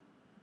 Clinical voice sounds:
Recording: short text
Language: Brazilian Portuguese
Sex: male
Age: 70 to 79 years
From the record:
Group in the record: control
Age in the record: 79 years

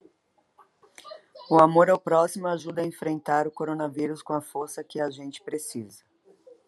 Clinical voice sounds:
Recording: spoken sentence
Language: Brazilian Portuguese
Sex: female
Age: 40 to 49 years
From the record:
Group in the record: control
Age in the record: 44 years

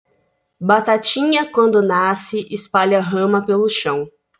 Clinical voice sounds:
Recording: short text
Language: Brazilian Portuguese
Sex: female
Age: 20 to 29 years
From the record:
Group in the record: control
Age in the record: 23 years

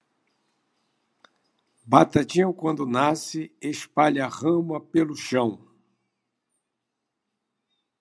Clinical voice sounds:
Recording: short text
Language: Brazilian Portuguese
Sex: male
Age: 70 to 79 years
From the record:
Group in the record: control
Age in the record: 70 years

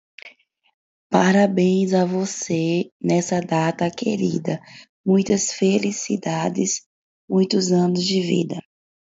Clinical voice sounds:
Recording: short text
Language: Brazilian Portuguese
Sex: female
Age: 20 to 29 years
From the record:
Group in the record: control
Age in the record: 28 years

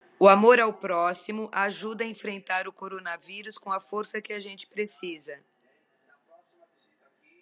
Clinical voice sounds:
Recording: spoken sentence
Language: Brazilian Portuguese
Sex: female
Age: 50 to 59 years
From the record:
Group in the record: control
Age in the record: 54 years

